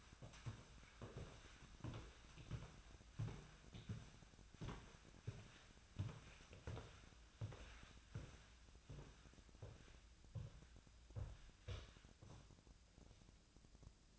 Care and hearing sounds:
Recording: daily activity, microphone in the room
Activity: walk to room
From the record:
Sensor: 2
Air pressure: 1010.0 hPa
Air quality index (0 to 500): 173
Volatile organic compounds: 9 ppm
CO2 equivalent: 2171 ppm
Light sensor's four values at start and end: 35/85/37/41 and 35/85/37/41

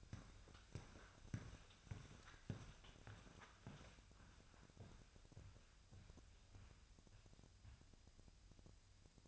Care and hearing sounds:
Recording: daily activity, microphone in the room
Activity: walk to room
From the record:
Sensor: 2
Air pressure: 999.3 hPa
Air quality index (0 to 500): 192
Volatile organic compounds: 25 ppm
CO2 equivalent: 2848 ppm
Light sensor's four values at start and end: 7/17/7/7 and 7/17/7/7

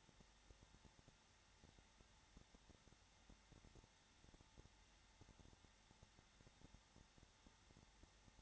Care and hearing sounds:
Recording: daily activity, microphone in the room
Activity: no activity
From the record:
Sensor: 3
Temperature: 21.3 degrees Celsius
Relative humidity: 33.3%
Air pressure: 994.5 hPa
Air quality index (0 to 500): 168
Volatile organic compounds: 3 ppm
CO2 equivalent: 1459 ppm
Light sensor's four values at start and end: 2/3/2/2 and 2/3/2/2

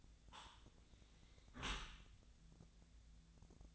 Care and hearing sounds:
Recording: daily activity, microphone in the room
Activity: close dishwasher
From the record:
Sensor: 3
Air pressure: 1000.5 hPa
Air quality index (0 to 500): 173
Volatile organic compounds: 3 ppm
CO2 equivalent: 1496 ppm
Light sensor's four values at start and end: 16/41/16/18 and 15/40/16/18

